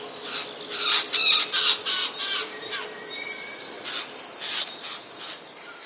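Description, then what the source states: Eurasian jay giving harsh, rasping alarm screeches in a quick burst of about six calls, followed by thin high whistles and chirps from other birds. Alarm call, 3 May 2010.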